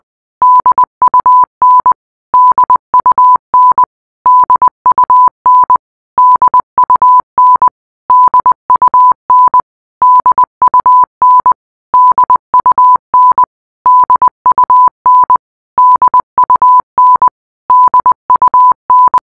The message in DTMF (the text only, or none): none